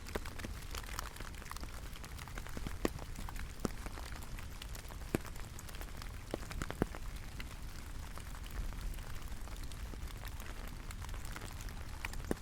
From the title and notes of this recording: Relax and immerse yourself in this rain sound from a lush rainforest in the subtropical.